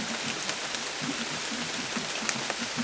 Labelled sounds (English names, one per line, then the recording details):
none
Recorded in dense forest near Puerto Asís, Putumayo, Colombia, on 25 June 2025 at 14:00
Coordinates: 0.484, -76.325
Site H65